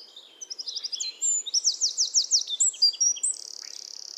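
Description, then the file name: Eurasian wren singing an energetic burst of high trills, quick rattling notes and sweeping phrases, ending in a fast buzzy trill. "Troglodytes troglodytes"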